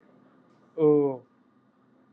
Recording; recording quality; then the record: sustained vowel as in boot; excellent, no background noise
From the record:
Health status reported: exposed to COVID-19, no respiratory illness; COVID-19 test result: not tested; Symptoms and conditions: none ticked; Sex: male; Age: 31 years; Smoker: not ticked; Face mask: not worn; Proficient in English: yes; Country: India